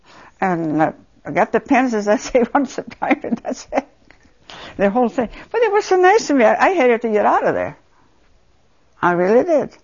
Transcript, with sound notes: I got the pens, as I say, once in a while, and that's it. ( she laughs ) And the whole thing. But it was so nice to me, I hated to get out of there. I really did,